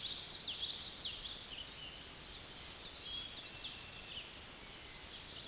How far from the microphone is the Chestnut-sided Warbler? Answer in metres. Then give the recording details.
about 25 m. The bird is about 10 m above the microphone. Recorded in a Pennsylvania forest on 16 May 2024 at 06:13. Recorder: AudioMoth, point MSD-2453. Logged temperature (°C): 16.3 °C. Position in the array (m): 226 m, 180 m